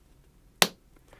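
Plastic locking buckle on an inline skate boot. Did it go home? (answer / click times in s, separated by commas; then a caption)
yes / 0.6 s. A plastic locking buckle on an inline skate boot is partly opened and pushed closed again. A single sharp snap at 0.6 s marks it locking shut, followed by two faint small sounds near 1.0 and 1.1 s. The buckle is seated and locked closed.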